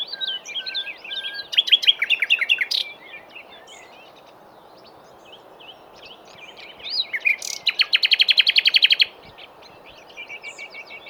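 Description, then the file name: Common nightingale song: two loud bursts of rapid repeated notes, separated by quieter passages of softer notes. "Luscinia megarhynchos"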